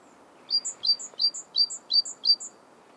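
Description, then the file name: Great tit song: six quick two-note phrases, a lower note then a higher one, repeated about three times per second, over steady low background hiss. "Parus major"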